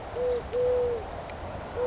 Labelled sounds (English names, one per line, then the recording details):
Eurasian Collared Dove
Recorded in Sonoma County, California